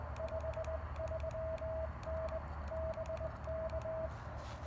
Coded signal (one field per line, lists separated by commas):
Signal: Morse code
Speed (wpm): 20 wpm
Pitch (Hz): 640 Hz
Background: none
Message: 53N BK